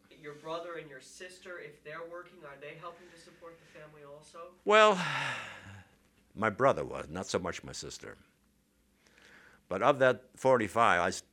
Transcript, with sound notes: Your brother and your sister, if they're working, are they helping to support the family also?. ( he sighs )
My brother was, but not so much my sister. But of that forty-five,